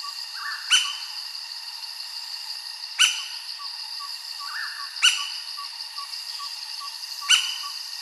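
Laced woodpecker calling with sharp, high single notes repeated about every two seconds, over a steady high insect drone and faint soft chirps.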